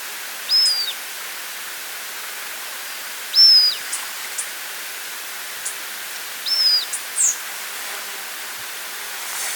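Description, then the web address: Great black hawk whistled calls: three high, thin whistles ending with a downward slur, roughly every three seconds, with a few faint clicks and hiss. "cantos taguatonegro"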